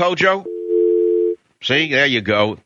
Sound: sound of dial tone